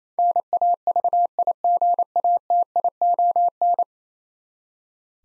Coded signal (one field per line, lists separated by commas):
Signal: Morse code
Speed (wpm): 28 wpm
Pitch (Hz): 700 Hz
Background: none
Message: NAVIGATION